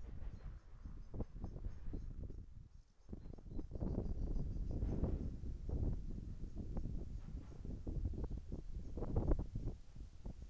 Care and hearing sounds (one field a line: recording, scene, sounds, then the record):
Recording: everyday scene through a hearing-aid microphone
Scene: wind on the microphone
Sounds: wind, traffic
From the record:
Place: in front of a rural house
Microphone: behind the ear, right, rear